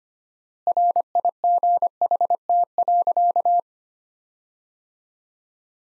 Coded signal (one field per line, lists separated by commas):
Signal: Morse code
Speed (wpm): 25 wpm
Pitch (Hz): 700 Hz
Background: none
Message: RIGHT.